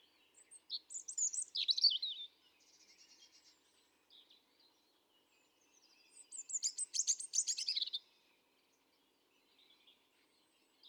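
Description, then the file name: European robin song: two phrases of high, rippling, tinkling notes with thin trills, separated by a few seconds of quieter, fainter notes. "Erithacus rubecula 310717"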